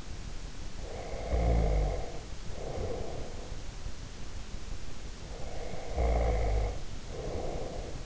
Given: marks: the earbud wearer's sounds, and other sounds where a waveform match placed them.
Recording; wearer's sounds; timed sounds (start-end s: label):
sounds in sleep by an in-ear microphone; snoring breath
0.79-3.56 s: snoring breath
5.29-8.06 s: snoring breath